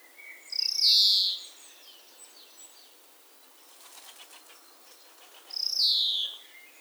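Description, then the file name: European greenfinch giving two drawn-out buzzy wheezes, each starting with a rasp and sliding slightly downward, about five seconds apart, faint high chirps between. "Chloris chloris"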